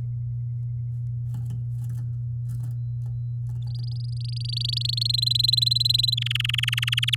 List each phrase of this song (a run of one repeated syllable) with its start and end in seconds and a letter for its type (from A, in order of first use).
3.67-5.07 A, 5.09-6.14 B, 6.17-7.15 C